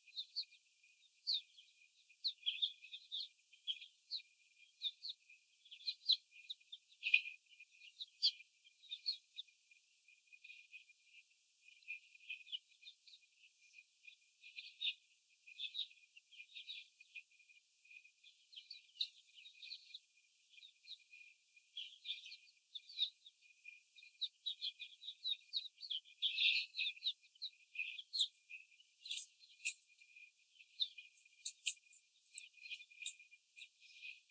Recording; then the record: young laying hens in a cage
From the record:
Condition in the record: after the stressor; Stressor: simulated dog barking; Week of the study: 4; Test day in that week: 3